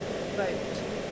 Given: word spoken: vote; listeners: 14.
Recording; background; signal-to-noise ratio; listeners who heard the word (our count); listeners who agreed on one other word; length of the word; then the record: one English word in noise, from a listening test; speech-shaped noise; -4.6 dB; 0 of 14; 12 of 14; 0.71 s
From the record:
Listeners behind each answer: 12, 1, 1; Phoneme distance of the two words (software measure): 10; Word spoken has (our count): 1 syllable, 3 phonemes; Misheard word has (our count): 1 syllable, 3 phonemes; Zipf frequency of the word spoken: 5.16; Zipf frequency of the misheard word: 4.89